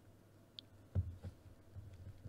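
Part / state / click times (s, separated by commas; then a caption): programming cable plug into handheld radio jack / partly seated / 0.6 s. A programming cable plug is pushed into the accessory jack of a TIDRadio TD-H8 Gen2 handheld radio, giving a short, sharp click at 0.6 s followed by a duller low thump around 1.0 s. Despite the click, the plug is not fully seated, as shown by the radio transmitting afterward.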